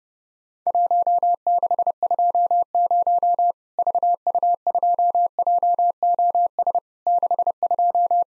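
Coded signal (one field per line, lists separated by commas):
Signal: Morse code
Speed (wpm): 32 wpm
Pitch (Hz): 700 Hz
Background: none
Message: 1620 VU2JOS 62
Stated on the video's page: Worked All Europe DX CW contest QTC exchange practice at 30wpm, with random repeat requests; each exchange sent, spoken, then sent again.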